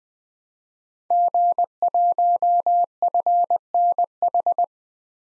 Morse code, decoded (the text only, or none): G1FNH